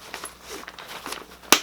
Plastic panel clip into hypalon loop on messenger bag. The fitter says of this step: Lock into place.